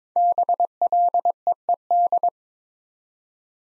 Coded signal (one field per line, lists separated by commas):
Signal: Morse code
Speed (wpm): 22 wpm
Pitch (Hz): 700 Hz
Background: none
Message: BLEED